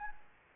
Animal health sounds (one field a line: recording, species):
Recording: mosquito wingbeat signal from an infrared sensor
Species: Anopheles gambiae